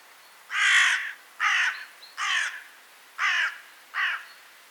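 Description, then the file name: Carrion crow cawing: five harsh, hoarse caws, each roughly half a second long, spaced about a second apart against quiet background. "Corvus corone"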